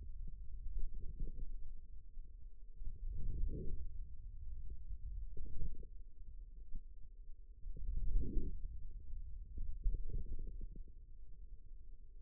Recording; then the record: forearm muscle sounds (acoustic myography)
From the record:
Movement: hand closing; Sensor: system 2, bracelet of six BSWA MPA416 microphones around the upper forearm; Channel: 3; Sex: male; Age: 22 years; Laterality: right